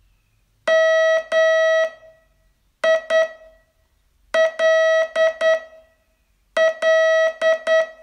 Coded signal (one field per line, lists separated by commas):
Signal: Morse code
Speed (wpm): 9 wpm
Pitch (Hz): 640 Hz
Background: none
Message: MILL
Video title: Learn Morse in 42 Days from VU2LAU - day 25